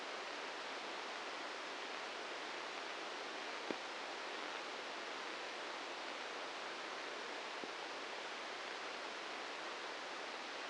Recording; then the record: brain microelectrode recording played as sound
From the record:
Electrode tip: inside the subthalamic nucleus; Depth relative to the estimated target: 1 mm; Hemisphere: right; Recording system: NeuroSet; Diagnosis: Parkinson's disease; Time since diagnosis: 13 years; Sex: male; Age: 66 years